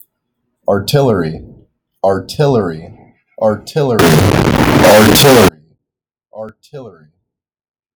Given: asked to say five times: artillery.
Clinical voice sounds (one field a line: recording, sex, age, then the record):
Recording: repeated word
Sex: male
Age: 18 to 19 years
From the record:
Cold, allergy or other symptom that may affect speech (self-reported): no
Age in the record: 19 years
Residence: Kentucky, United States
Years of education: 14